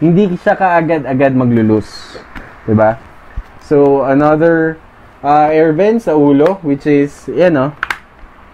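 A man talks throughout while handling the top air vent slider switch on the shell of a Zebra Spirit motorcycle helmet, a fairly stiff switch that clicks as it slides open and closed so you can tell the vent's position. The clip ends before any click is heard; nothing has clicked or seated yet.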